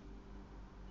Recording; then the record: background sound without coughing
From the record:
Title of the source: BackgroundMusic3